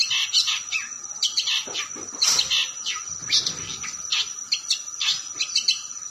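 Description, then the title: Long-tailed shrike song, a dense run of varied chirps, trills and sharp notes, high-pitched and rapid, over a steady high-pitched background whine and low hum. Song style called kombinasi (combination). "Cendet Kombinasi"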